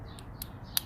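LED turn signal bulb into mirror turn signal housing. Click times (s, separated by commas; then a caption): 0.8 s. A new plug-in LED turn signal bulb for a 2020 Silverado is pushed into the side-mirror turn signal housing. Two faint high ticks sound at about 0.2 and 0.4 seconds, then a sharp, bright click at 0.8 seconds as the bulb seats in the housing.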